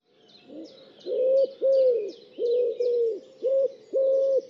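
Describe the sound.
Bird calling with a series of low, steady, hollow hooting coos, with faint higher chirping notes in the background.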